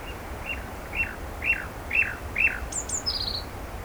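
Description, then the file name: Common nightingale giving six slurred descending whistles about every half second, followed by thin high notes. "Luscinia megarhynchos"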